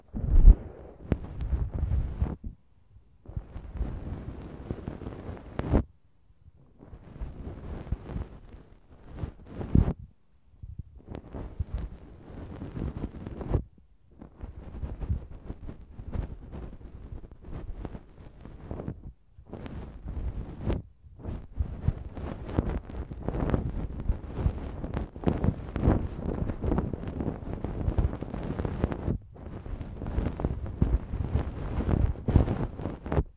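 Feather wand ASMR: soft, rustling brushing strokes sweep across the microphone with a low, muffled rumble underneath. The strokes come in bursts a few seconds long, broken by short silences, then grow denser and nearly continuous through the second half.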